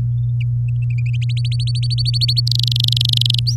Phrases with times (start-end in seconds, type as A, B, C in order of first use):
1.22-2.40 A, 2.47-3.39 B, 3.46-3.56 C